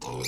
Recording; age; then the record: pig call; weaner (32 to 43 days)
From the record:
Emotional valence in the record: negative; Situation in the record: short isolation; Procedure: open field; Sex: female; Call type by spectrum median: low-frequency call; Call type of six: mixed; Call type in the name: high-frequency modulated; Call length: 0.28 s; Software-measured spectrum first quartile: 420 Hz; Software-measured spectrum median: 1995 Hz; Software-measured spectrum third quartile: 4918 Hz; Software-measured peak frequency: 422 Hz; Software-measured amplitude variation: 86 dB a second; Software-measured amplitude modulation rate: 33.6 a second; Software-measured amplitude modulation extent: 2.6 dB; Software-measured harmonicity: 0.5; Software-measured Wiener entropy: -2.84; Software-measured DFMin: 1201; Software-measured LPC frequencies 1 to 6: 904, 2345, 3814, 4548, 5145, 6141 Hz